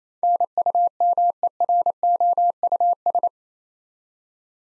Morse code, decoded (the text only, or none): NUMEROUS